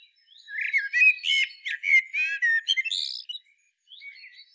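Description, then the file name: Common blackbird delivering one continuous phrase of fluty warbled notes that turns into high, squeaky twittering, then a soft trailing note. "Turdus merula"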